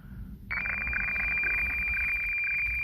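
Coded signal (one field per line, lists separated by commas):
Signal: weather fax (radiofax)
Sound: steady high tone with rapid rhythmic scratchy ticking warble over hiss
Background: radio static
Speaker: and that's how a weather fact signal will look this is actually real time right now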